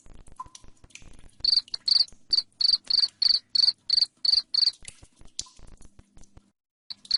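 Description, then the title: Cricket starts after scattered soft clicks, then chirps shrilly about three times a second before breaking off; a faint low hum follows. Loud cricket chirping (jangkrik ngerik) played to make lovebirds sing continuously (ngekek). "Suara JANGKRIK NGERIK Keras Bikin LOVEBIRD Jadi NGEKEK Terus"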